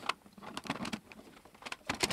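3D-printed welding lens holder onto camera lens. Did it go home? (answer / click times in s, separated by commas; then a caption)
yes / 1.9 s. A 3D-printed plastic holder carrying an auto-darkening welding lens is fitted onto a camera lens, producing a series of short, sharp plastic taps and knocks. The holder clicks into place at 1.9 s, the strongest of several hits.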